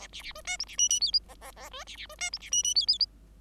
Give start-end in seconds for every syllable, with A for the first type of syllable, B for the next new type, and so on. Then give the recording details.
0.12-0.22 A, 0.22-0.32 A, 0.35-0.41 B, 0.44-0.57 C, 0.59-0.65 D, 0.66-0.76 A, 0.78-0.89 E, 0.89-1.00 E, 1.00-1.11 F, 1.28-1.34 G, 1.41-1.52 G, 1.56-1.69 G, 1.71-1.84 B, 1.87-1.97 A, 1.97-2.06 A, 2.09-2.15 B, 2.18-2.30 C, 2.32-2.38 D, 2.40-2.50 A, 2.51-2.63 E, 2.63-2.74 E, 2.75-2.86 F, 2.87-2.98 F. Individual Bird5